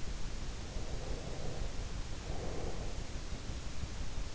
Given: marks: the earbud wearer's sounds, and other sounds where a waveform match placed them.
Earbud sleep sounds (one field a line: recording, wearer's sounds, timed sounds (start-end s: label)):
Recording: sounds in sleep by an in-ear microphone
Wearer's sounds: breath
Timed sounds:
0.63-3.20 s: breath